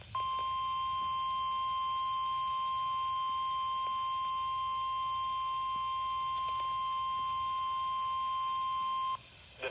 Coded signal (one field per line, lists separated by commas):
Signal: Emergency Alert System (SAME) tones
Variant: 1050 Hz attention tone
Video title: Severe thunderstorm warning (not for my county tho) (EAS #38)